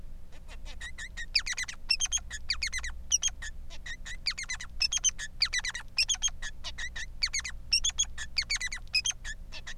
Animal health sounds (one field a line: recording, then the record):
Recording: song of a male Bengalese finch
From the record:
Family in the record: son of father 3